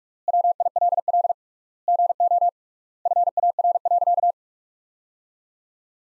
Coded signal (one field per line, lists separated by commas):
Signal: Morse code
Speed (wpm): 47 wpm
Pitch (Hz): 700 Hz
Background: none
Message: WILL GO FAR.